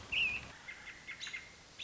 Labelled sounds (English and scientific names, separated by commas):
American Robin (Turdus migratorius)